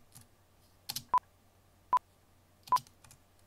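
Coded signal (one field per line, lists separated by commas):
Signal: none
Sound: ADR countdown beeps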